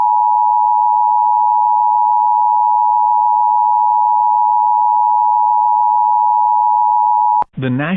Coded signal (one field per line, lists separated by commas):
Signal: Emergency Alert System (SAME) tones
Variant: 853 and 960 Hz attention tone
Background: speech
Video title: EAS Reenactment Mock: So Many Counties III